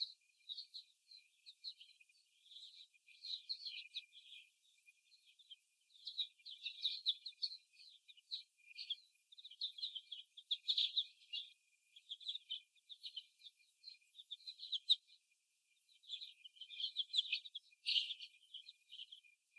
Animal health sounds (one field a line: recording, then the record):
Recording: young laying hens in a cage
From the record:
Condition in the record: before the stressor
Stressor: simulated dog barking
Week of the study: 1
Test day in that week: 1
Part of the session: 2